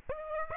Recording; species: mosquito wingbeat signal from an infrared sensor; Aedes aegypti